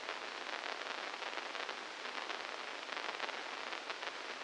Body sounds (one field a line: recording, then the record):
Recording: brain microelectrode recording played as sound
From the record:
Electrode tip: inside the subthalamic nucleus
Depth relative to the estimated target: -1 mm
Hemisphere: left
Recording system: NeuroSet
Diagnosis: Parkinson's disease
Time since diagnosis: 15 years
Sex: female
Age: 59 years